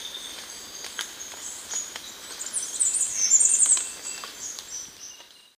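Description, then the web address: Mountain wren song: a brief, high, tinkling warbled phrase over faint background ticking. Recorded in Ecuador. "Birds of Ecuador 516 Mountain Wren"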